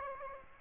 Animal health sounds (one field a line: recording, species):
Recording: mosquito wingbeat signal from an infrared sensor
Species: Aedes aegypti